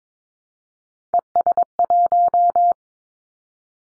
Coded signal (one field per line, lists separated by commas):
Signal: Morse code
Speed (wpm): 22 wpm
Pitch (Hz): 700 Hz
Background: none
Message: ES1